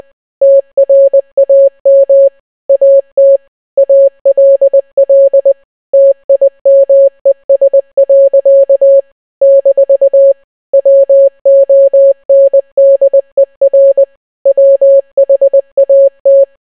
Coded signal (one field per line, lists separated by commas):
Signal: Morse code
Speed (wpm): 20 wpm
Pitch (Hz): 550 Hz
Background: none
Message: TRAM AT ALL TIMES. - WONDER WHAT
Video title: The Entire Bee Movie Script Except its in Morse Code